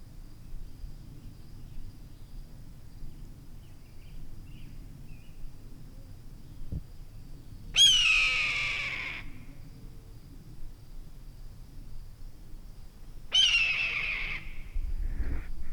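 Red-tailed hawk screams: two hoarse, drawn-out descending cries several seconds apart, each lasting over a second, over a low steady background rumble.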